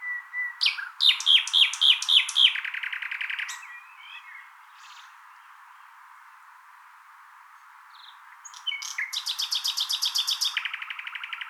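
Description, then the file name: Common nightingale singing two phrases: whistled notes and a loud, rapid repeated series, a quiet gap with a few soft calls, then a long, fast rattling trill. "Luscinia megarhynchos"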